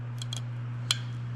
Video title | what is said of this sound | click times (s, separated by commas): How To Install "New" Manual Locking Hubs 🔧OBS F150 F250 F350 Bronco | till it clicks | 0.9 s